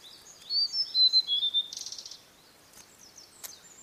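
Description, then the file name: Blue-and-white flycatcher song: a run of sweet whistled notes dropping slightly in pitch, then a quick buzzy rattle, followed by faint scattered clicks. "oruri"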